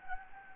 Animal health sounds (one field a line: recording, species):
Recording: mosquito wingbeat signal from an infrared sensor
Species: Anopheles gambiae